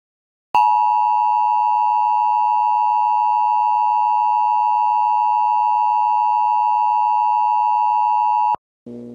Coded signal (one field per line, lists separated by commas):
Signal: Emergency Alert System (SAME) tones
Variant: 853 and 960 Hz attention tone